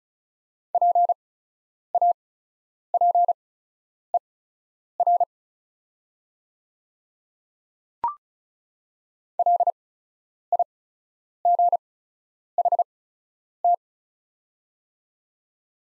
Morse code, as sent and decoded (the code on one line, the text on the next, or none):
.--. .- .--. . .-. / .-.. .. --. .... -
PAPER LIGHT